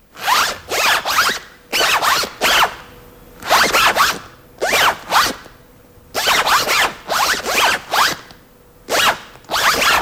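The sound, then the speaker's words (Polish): A zipper is pulled open and shut again and again, its sharp, raspy zips coming in quick clusters of short strokes separated by brief pauses, with no voices. “Gideon Sandbeck opatentował wówczas właśnie w 1913 roku, 29 kwietnia, opatentował zamek błyskawiczny. Popularny suwak ma dziś 113 lat.”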